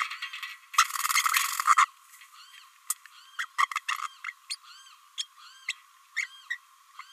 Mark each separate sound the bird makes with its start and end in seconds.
0.78-0.85, 1.67-1.76, 1.76-1.85, 3.39-3.46, 3.58-3.67, 3.75-3.80, 3.88-3.94, 4.24-4.33, 4.50-4.56, 5.18-5.27, 5.68-5.72, 6.16-6.28, 6.50-6.57